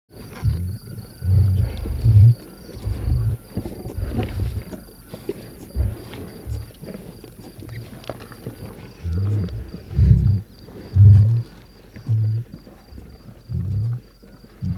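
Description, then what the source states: Lion making heavy low growls in clustered bursts, a quieter stretch in the middle, then more rumbling growls toward the end. Lion eating a zebra.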